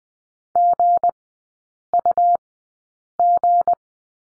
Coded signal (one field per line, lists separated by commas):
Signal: Morse code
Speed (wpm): 20 wpm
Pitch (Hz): 700 Hz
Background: none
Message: GUG